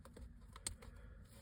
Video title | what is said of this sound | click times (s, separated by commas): A-Dec 3in1 Syringe service using DCI 9347 kit | until we get those nice two clicks that's the two clicks you want to hear and | 0.6 s, 0.7 s